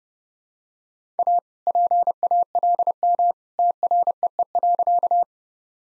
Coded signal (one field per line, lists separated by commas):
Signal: Morse code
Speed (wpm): 30 wpm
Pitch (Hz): 700 Hz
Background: none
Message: A PALM TREE.